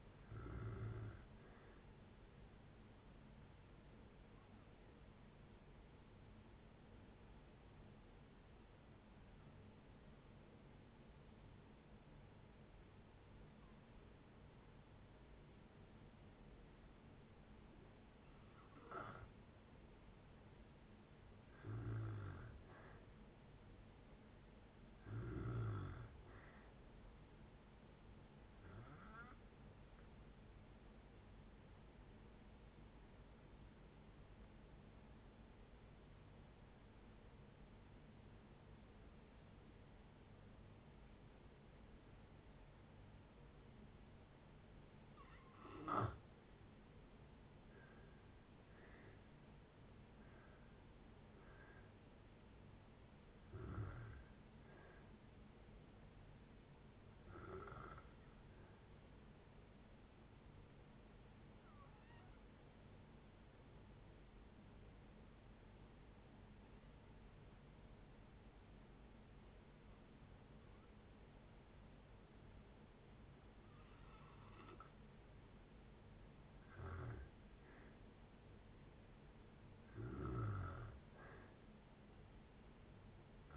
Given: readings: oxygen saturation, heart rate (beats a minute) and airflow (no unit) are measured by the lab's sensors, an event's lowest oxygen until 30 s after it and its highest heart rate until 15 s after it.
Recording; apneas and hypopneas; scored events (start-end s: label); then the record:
breathing in sleep by a voice recorder at the bedside; 3
3.00-21.00 s: hypopnea (N1, oxygen 97% highest, then 89% lowest, heart rate 67 at the start, 67 highest)
11.00-41.00 s: new sleep stage, N2 (light sleep)
35.00-46.90 s: obstructive apnea (N2, oxygen 95% highest, then 84% lowest, heart rate 64 at the start, 71 highest)
41.00-71.00 s: new sleep stage, N1 (lightest sleep)
56.00-77.70 s: hypopnea (N1, oxygen 96% highest, then 88% lowest, heart rate 71 at the start, 71 highest)
71.00-83.57 s: new sleep stage, N2 (light sleep)
From the record:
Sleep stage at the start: N1 (lightest sleep); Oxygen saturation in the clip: 84 to 97%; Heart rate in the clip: 56 to 73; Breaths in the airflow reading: 14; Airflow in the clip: -8.7 to 10.4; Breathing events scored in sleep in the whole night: 496 in 5.4 hours asleep